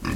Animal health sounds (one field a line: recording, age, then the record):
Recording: pig call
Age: growing-finishing pig (85 days or more)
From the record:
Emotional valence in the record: positive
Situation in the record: enriched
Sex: female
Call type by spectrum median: low-frequency call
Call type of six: low-frequency stable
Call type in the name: low-frequency stable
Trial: 4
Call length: 0.16 s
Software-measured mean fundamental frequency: 42 Hz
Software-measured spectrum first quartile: 184 Hz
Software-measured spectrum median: 541 Hz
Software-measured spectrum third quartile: 2153 Hz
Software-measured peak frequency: 256 Hz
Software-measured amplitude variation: 182 dB a second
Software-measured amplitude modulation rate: 21.6 a second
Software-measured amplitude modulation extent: 8.4 dB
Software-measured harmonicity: 0.8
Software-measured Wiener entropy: -2.09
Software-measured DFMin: 764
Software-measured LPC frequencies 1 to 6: 1153, 1790, 2530, 3274, 4140, 4963 Hz